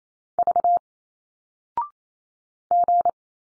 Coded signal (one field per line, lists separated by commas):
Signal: Morse code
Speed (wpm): 28 wpm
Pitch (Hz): 700 Hz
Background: none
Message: V G